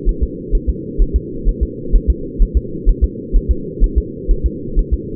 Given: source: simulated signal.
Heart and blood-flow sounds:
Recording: fetal heart sounds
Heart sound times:
0.09 s: S1
0.23 s: S2
0.55 s: S1
0.69 s: S2
1.02 s: S1
1.16 s: S2
1.49 s: S1
1.63 s: S2
1.96 s: S1
2.10 s: S2
2.43 s: S1
2.57 s: S2
2.89 s: S1
3.04 s: S2
3.37 s: S1
3.51 s: S2
3.84 s: S1
3.98 s: S2
4.31 s: S1
4.46 s: S2
4.79 s: S1
4.94 s: S2
From the record:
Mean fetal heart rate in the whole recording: 130 bpm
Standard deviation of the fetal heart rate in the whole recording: 2 bpm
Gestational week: 38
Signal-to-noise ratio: -4.3 dB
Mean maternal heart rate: 72 bpm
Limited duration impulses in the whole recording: absent

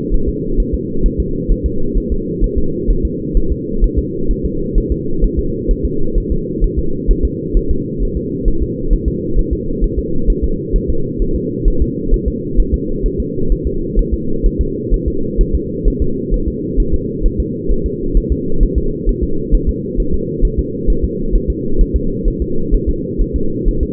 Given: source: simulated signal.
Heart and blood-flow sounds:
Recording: fetal heart sounds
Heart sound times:
0.14 s: S1
0.29 s: S2
0.60 s: S1
0.74 s: S2
1.06 s: S1
1.20 s: S2
1.52 s: S1
1.66 s: S2
1.98 s: S1
2.12 s: S2
2.44 s: S1
2.58 s: S2
2.91 s: S1
3.05 s: S2
3.37 s: S1
3.52 s: S2
3.84 s: S1
3.98 s: S2
4.31 s: S1
4.45 s: S2
4.78 s: S1
4.92 s: S2
5.24 s: S1
5.39 s: S2
5.71 s: S1
5.85 s: S2
6.18 s: S1
6.32 s: S2
6.64 s: S1
6.79 s: S2
7.11 s: S1
7.25 s: S2
7.57 s: S1
7.71 s: S2
8.03 s: S1
8.17 s: S2
8.48 s: S1
8.62 s: S2
8.93 s: S1
9.08 s: S2
9.39 s: S1
9.53 s: S2
9.84 s: S1
9.98 s: S2
10.30 s: S1
10.44 s: S2
10.76 s: S1
10.90 s: S2
11.22 s: S1
11.36 s: S2
11.68 s: S1
11.82 s: S2
12.14 s: S1
12.28 s: S2
12.60 s: S1
12.74 s: S2
13.06 s: S1
13.20 s: S2
13.52 s: S1
13.67 s: S2
13.99 s: S1
14.13 s: S2
14.46 s: S1
14.61 s: S2
14.94 s: S1
15.08 s: S2
15.41 s: S1
15.55 s: S2
15.88 s: S1
16.02 s: S2
16.34 s: S1
16.48 s: S2
16.80 s: S1
16.94 s: S2
17.26 s: S1
17.40 s: S2
17.72 s: S1
17.86 s: S2
18.17 s: S1
18.32 s: S2
18.63 s: S1
18.78 s: S2
19.09 s: S1
19.23 s: S2
19.54 s: S1
19.69 s: S2
20.00 s: S1
20.14 s: S2
20.45 s: S1
20.59 s: S2
20.90 s: S1
21.04 s: S2
21.35 s: S1
21.50 s: S2
21.81 s: S1
21.96 s: S2
22.28 s: S1
22.42 s: S2
22.75 s: S1
22.89 s: S2
23.22 s: S1
23.36 s: S2
23.69 s: S1
23.83 s: S2
From the record:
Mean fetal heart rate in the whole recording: 130 bpm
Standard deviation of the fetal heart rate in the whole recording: 2 bpm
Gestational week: 38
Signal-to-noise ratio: -8.1 dB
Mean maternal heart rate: 72 bpm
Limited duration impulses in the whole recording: absent

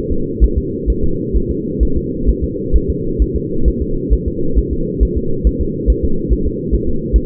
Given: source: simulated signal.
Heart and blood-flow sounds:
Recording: fetal heart sounds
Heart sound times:
0.12 s: S2
0.44 s: S1
0.58 s: S2
0.90 s: S1
1.04 s: S2
1.36 s: S1
1.51 s: S2
1.83 s: S1
1.97 s: S2
2.29 s: S1
2.44 s: S2
2.76 s: S1
2.90 s: S2
3.22 s: S1
3.36 s: S2
3.68 s: S1
3.82 s: S2
4.13 s: S1
4.28 s: S2
4.59 s: S1
4.73 s: S2
5.03 s: S1
5.17 s: S2
5.47 s: S1
5.61 s: S2
5.90 s: S1
6.05 s: S2
6.32 s: S1
6.47 s: S2
6.74 s: S1
6.89 s: S2
7.16 s: S1
From the record:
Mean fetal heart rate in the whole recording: 135 bpm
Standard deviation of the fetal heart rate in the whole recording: 3 bpm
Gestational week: 34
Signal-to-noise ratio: -8.1 dB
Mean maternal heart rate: 72 bpm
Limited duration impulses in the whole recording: absent

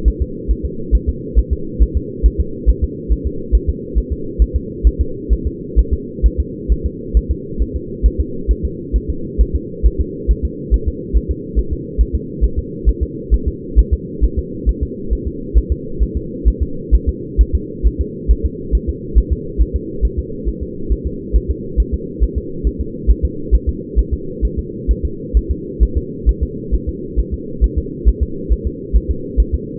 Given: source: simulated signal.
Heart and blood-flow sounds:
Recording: fetal heart sounds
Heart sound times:
0.08 s: S1
0.22 s: S2
0.51 s: S1
0.65 s: S2
0.95 s: S1
1.09 s: S2
1.39 s: S1
1.53 s: S2
1.82 s: S1
1.97 s: S2
2.26 s: S1
2.40 s: S2
2.69 s: S1
2.84 s: S2
3.12 s: S1
3.27 s: S2
3.55 s: S1
3.69 s: S2
3.98 s: S1
4.12 s: S2
4.42 s: S1
4.56 s: S2
4.87 s: S1
5.01 s: S2
5.33 s: S1
5.47 s: S2
5.79 s: S1
5.93 s: S2
6.26 s: S1
6.40 s: S2
6.72 s: S1
6.86 s: S2
7.17 s: S1
7.31 s: S2
7.62 s: S1
7.76 s: S2
8.06 s: S1
8.20 s: S2
8.51 s: S1
8.65 s: S2
8.96 s: S1
9.10 s: S2
9.41 s: S1
9.56 s: S2
9.86 s: S1
10.01 s: S2
10.31 s: S1
10.45 s: S2
10.74 s: S1
10.88 s: S2
11.16 s: S1
11.31 s: S2
11.59 s: S1
11.73 s: S2
12.01 s: S1
12.15 s: S2
12.44 s: S1
12.59 s: S2
12.89 s: S1
13.03 s: S2
13.34 s: S1
13.48 s: S2
13.79 s: S1
13.93 s: S2
14.24 s: S1
14.39 s: S2
14.69 s: S1
14.83 s: S2
15.13 s: S1
15.27 s: S2
15.58 s: S1
15.72 s: S2
16.03 s: S1
16.17 s: S2
16.48 s: S1
16.63 s: S2
16.95 s: S1
17.09 s: S2
17.41 s: S1
17.55 s: S2
17.86 s: S1
18.01 s: S2
18.31 s: S1
18.45 s: S2
18.75 s: S1
18.89 s: S2
19.18 s: S1
19.33 s: S2
19.61 s: S1
19.76 s: S2
20.05 s: S1
20.19 s: S2
20.48 s: S1
20.63 s: S2
20.92 s: S1
21.07 s: S2
21.36 s: S1
21.51 s: S2
21.80 s: S1
21.94 s: S2
22.23 s: S1
22.38 s: S2
22.67 s: S1
22.81 s: S2
23.10 s: S1
23.25 s: S2
23.55 s: S1
23.69 s: S2
23.99 s: S1
24.14 s: S2
24.45 s: S1
24.59 s: S2
24.91 s: S1
25.05 s: S2
25.37 s: S1
25.51 s: S2
25.83 s: S1
25.97 s: S2
26.29 s: S1
26.43 s: S2
26.74 s: S1
26.89 s: S2
27.20 s: S1
27.34 s: S2
27.64 s: S1
27.78 s: S2
28.08 s: S1
28.23 s: S2
28.52 s: S1
28.67 s: S2
28.96 s: S1
29.11 s: S2
29.40 s: S1
29.54 s: S2
From the record:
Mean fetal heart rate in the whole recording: 135 bpm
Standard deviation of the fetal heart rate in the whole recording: 3 bpm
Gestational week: 34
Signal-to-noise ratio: -4.3 dB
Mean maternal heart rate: 72 bpm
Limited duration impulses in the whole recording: absent

